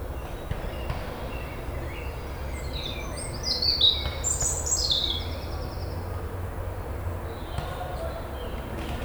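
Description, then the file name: European robin song: a short burst of high, twittering and sliding notes in the middle, with faint scattered notes and a low background hum. "Erithacus rubecula"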